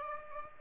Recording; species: mosquito wingbeat signal from an infrared sensor; Aedes aegypti